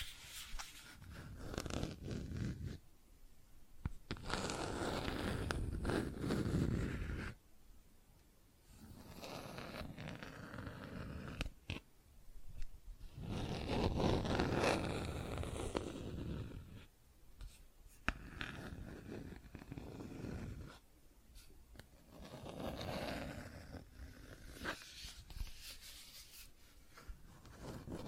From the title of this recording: Plastic Objects Tapping and Scratching